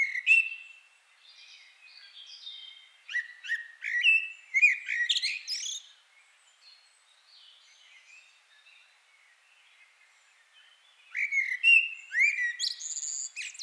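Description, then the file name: Common blackbird song: mellow, fluting whistled phrases, each ending in a higher squeaky twitter, given in two bursts with a quiet pause between. "Turdus merula"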